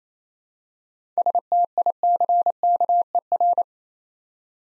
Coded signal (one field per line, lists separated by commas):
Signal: Morse code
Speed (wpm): 27 wpm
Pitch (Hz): 700 Hz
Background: none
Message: STICKER